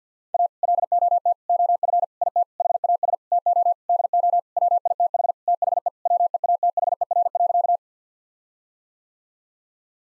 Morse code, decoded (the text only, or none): A LOT OF IT HAS TO DO WITH THE WEATHER.